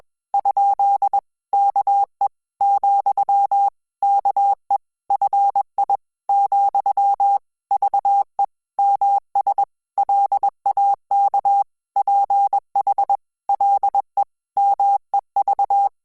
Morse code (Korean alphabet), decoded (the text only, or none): ? 아 , 아 냐 , 라 며 공 주 가 말